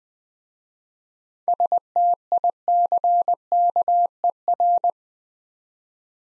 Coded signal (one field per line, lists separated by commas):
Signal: Morse code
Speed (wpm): 20 wpm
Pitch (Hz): 700 Hz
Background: none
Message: STICKER